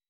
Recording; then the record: hydrophone in a shrimp aquaculture tank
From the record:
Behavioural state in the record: weakened